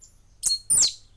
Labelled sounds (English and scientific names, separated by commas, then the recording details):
Stitchbird (Notiomystis cincta) song
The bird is a male
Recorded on Tiritiri Matangi Island, New Zealand, in 2005
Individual 2, of nest box 2